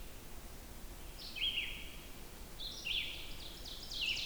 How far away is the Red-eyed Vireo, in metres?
about 60 m